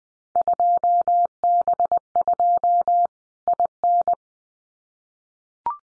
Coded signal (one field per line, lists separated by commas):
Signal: Morse code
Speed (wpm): 20 wpm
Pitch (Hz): 700 Hz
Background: none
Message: 2B2 IN